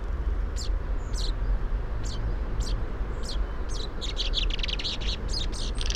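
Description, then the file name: Common chaffinch giving a few spaced, thin high chips, then a faster run of calls near the end, with a low rumble throughout. "Fringilla coelebs"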